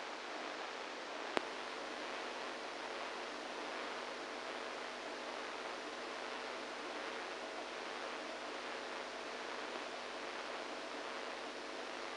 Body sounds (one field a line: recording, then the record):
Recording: brain microelectrode recording played as sound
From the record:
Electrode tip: inside the subthalamic nucleus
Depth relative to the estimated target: -3 mm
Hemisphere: right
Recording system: NeuroSet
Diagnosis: Parkinson's disease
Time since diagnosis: 27 years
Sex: male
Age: 62 years